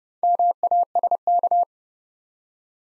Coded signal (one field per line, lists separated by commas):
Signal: Morse code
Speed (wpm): 31 wpm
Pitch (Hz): 700 Hz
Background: none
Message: MASK